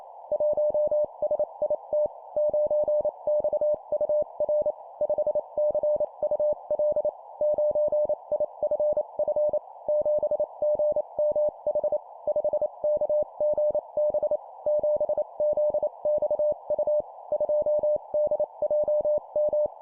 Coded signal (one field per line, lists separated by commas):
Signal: Morse code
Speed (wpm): 28 wpm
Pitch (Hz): 600 Hz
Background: none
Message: 1SIT 9XUR 5CUL 9IFF 7GMH 5KGB 7ZXU 2DJM